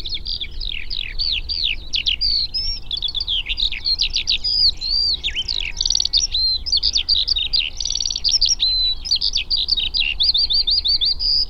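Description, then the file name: Eurasian skylark singing a long unbroken flow of high warbles, buzzy phrases and quick slurred notes, with a faint low rumble beneath. "alauda arvensis"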